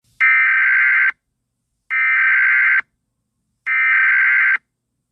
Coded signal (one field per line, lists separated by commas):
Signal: Emergency Alert System (SAME) tones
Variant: header bursts